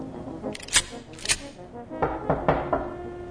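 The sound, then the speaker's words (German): Several sharp knocks on a door, arriving in two uneven clusters of raps with a short pause between, moderately loud over a faint low background hum. “Ein Klopfen.”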